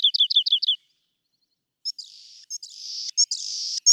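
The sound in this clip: Rock wren song: five quick repeated downslurred notes, a pause, then buzzy rasping phrases punctuated by sharp high chips.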